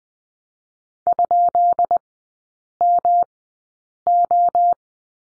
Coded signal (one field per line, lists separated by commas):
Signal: Morse code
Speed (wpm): 20 wpm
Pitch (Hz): 700 Hz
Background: none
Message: ?MO